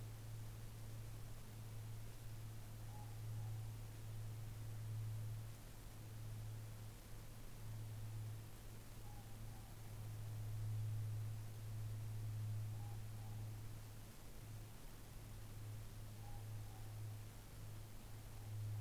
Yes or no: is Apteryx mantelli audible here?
no